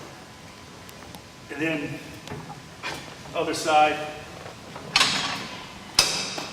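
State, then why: Seated. Someone talks as the metal range-of-motion selector pin on a torso-twist machine is dropped into its detent for the other side. Softer knocks come first, then a sharp transient near 5.0 s, and a loud mechanical click at 6.0 s confirms the pin is seated.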